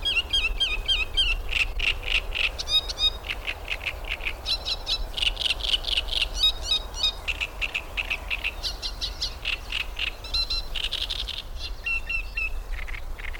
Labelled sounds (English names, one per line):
Great Reed Warbler